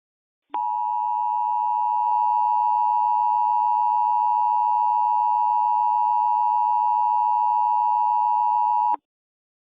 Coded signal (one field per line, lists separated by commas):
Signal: Emergency Alert System (SAME) tones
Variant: 853 and 960 Hz attention tone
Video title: EAS Scenario: Solar Strike REMASTERED